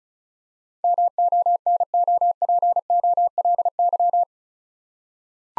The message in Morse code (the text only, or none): MONOPOLY